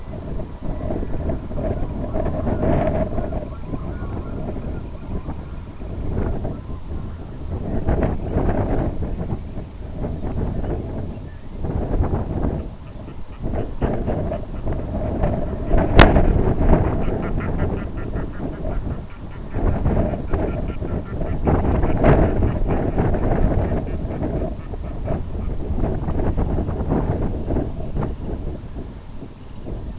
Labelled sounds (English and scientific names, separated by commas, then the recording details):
Red-throated Loon (Gavia stellata), Semipalmated Sandpiper (Calidris pusilla), unidentified sound
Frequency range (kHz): Semipalmated Sandpiper (Calidris pusilla) 1.8-3.2 kHz
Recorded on Arctic tundra, site IGLO-B, on 27 June 2018
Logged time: 05:59